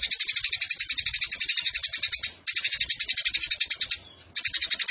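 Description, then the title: Eurasian tree sparrow chattering song, with rapid bright chirps in three dense bursts broken by two brief pauses, the notes evenly spaced and high-pitched. Fighting-mode chatter with long rapid bursts and a clear voice, used as a tutor recording for training competition songbirds. "GEREJA TARUNG NEMBAK PANJANG SUARA JERNIH MASTERAN WAJIB BURUNG LOMBA"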